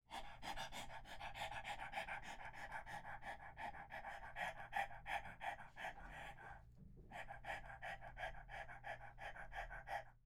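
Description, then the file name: Dog panting rapidly, quick breathy huffs about three per second, with a brief pause midway before the panting resumes at the same pace. "Jadeo De Perro"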